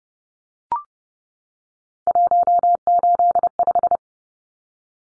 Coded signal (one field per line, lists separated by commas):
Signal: Morse code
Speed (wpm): 30 wpm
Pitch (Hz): 700 Hz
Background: none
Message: 185